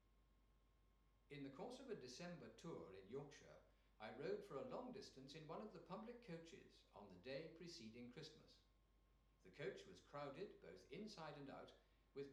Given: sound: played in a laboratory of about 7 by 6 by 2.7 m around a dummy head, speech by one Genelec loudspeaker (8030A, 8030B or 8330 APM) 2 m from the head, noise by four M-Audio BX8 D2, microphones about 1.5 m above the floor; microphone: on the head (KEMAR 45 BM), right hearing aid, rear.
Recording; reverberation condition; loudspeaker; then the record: male speech in English; medium; 120 degrees to the right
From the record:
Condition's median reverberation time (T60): about 510 ms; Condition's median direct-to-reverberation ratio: about -0.5 dB